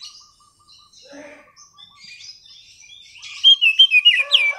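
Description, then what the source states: Oriental magpie-robin: soft twittering and faint repeated notes, then a loud series of bright whistles near the end. Master recording used as a lure to prompt a kacer that has stopped singing to sing again.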